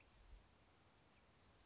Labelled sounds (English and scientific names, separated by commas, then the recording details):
California Towhee (Melozone crissalis)
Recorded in Sonoma County, California